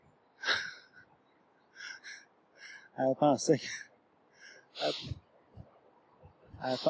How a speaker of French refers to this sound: Elle pensait que le chevreuil s'était étouffé. Elle s'imaginait être obligée d'aller faire une bouche à bouche avec un chevreuil.